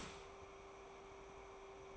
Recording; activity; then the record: daily activity, microphone in the room; start toaster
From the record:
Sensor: 1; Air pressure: 1014.7 hPa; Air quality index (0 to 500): 200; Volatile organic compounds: 33 ppm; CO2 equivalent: 3029 ppm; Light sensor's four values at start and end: 3/8/3/3 and 3/8/3/3